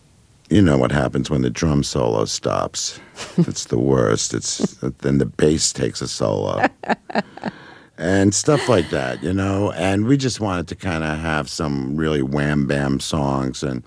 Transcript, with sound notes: you know what happens when the drum solo stops. It's the worst. Then the bass takes a solo.
(Laughter).
And stuff like that, you know? And we just wanted to kind of have some really wham bam songs.